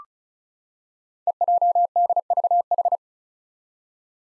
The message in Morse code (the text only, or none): EJDVH